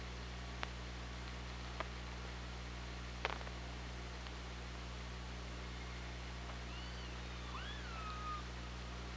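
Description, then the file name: Killer whale call, scattered sharp clicks first, then a pair of sweeping tonal calls that rise and bend downward near the end, over constant low hum. OrcaLab hydrophone, 24 August 2017 at 18:13. "Orca Lab UTLN JASON 20170824 181346"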